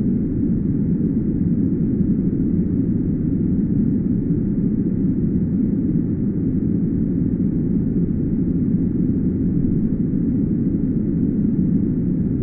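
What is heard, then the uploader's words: Deep pink noise plays as a constant, even rush with no breaks or changes in level. The sound is heavy in the low end, a dull rumbling hush, with the high hiss rolled off so it sounds muffled. 1 hour of uninterrupted deep pink noise.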